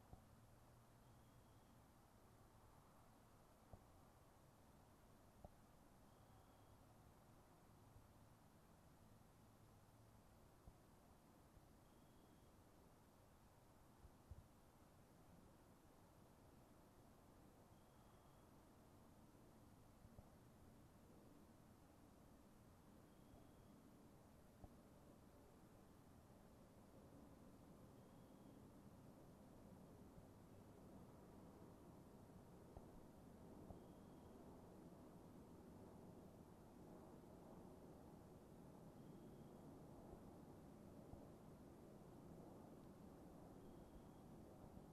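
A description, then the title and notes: A cold breeze hisses steadily by a pond while a plane rumbles low, swelling gradually over the second half. A small critter chirps faintly and very regularly, a short high note every few seconds, with occasional soft knocks. A pond at RibbonWalk Nature Preserve. Featuring a cold breeze, passing planes and a chirping critter.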